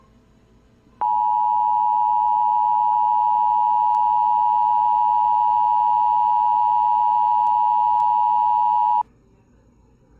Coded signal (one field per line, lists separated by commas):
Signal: Emergency Alert System (SAME) tones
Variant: 853 and 960 Hz attention tone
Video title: GREYS ANATOMY EAS